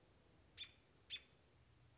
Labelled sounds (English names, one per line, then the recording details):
American Robin
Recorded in Sonoma County, California